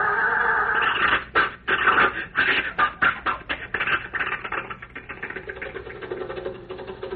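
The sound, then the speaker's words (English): An old car motor coughs and sputters in uneven chugging bursts as it is tried again, then catches and settles into a steadier, rough running rumble. No one speaks over it. “The motor needs a little...”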